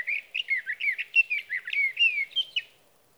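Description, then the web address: Sage thrasher song, a rapid run of warbled, slurred whistled notes, varied and continuous for nearly three seconds, ending abruptly. "birdsongforthecurious Sage Thrasher"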